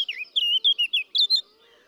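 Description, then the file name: Eurasian blackcap song phrase: a rapid warbled run of fluty, slurred notes shifting up and down in pitch, ending in higher clear whistles, over a faint low hum. "Sylvia atricapilla"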